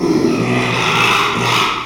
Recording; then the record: squeal of a Yucatan mini pig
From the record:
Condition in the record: after surgery on the right vocal fold (resection and tissue-engineered implant); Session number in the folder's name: 1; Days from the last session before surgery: 6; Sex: male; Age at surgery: 12 weeks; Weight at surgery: 13 kg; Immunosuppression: cyclosporine, prednisolone